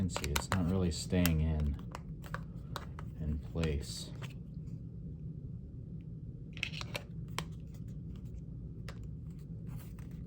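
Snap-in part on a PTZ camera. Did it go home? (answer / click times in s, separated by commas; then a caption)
no / none. Someone talks while handling a snap-in plastic part for a PTZ camera, producing scattered sharp taps and clicks from the handling. The part is not staying in place, and nothing has seated or clicked into place yet.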